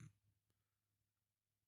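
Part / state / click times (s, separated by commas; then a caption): fourth wheel jewel into a watch movement plate / not seated / none. A fourth-wheel jewel in its setting is being fiddled with and lined up for a tight fit into the movement plate of a vintage Doxa watch. A brief handling noise at 0.0 s and a faint tick near 0.5 s are heard over a steady low hum. The jewel has not popped into place yet.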